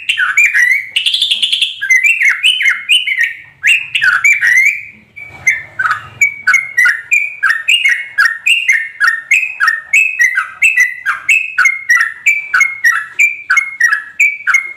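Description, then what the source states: Yellow-vented bulbul singing a long, fast string of bubbly chirps, with an energetic, higher burst early on and a brief lull before the rapid notes continue. Tutor recording of a champion bird singing in the rapid-fire 'tembakan' style.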